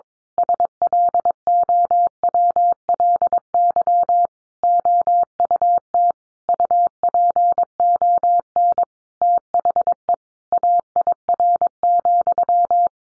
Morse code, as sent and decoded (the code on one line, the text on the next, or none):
... .-.. --- .-- .-.. -.-- / --- ..- - / ..- .--. --- -. / - .... . / .- .. .-. --..--
SLOWLY OUT UPON THE AIR,